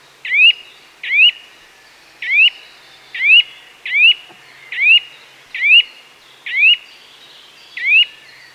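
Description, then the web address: Eurasian nuthatch calls: sharp, rising whistled notes, nine in all, repeated about once a second. "Sound Effects-BBC. nuthatch calls with chiffchaff blackbird wren blue tit and chaffinch in distance"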